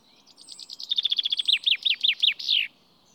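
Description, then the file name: Common chaffinch song: rapid high notes, then a run of looped phrases, finishing with a downward-sweeping flourish. "Fringilla coelebs"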